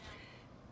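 A plastic insert is handled and lined up with the side hole of a modular planter box panel, with a steady low rustle and no distinct click across the 0.8-second clip. Nothing has seated or clicked yet.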